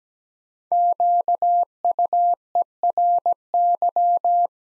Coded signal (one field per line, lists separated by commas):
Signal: Morse code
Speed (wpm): 17 wpm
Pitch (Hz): 700 Hz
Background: none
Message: QUERY